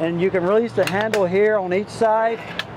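Someone talks while the release handles on each side of a pull-out table extension in an RV dinette are worked. The extension's latch is handled but has not yet locked, and nothing has seated or clicked yet.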